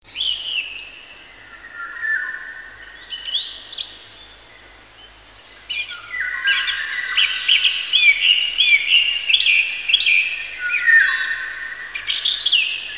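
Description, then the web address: Bird song, varied high whistled and trilled phrases, with a quieter spell midway and background noise. "Voegel"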